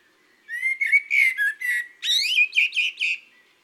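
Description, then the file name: Common blackbird singing mellow warbled whistles, several short notes in a row, then a rising, sharper phrase ending in quick squeaky twitters. "le merle"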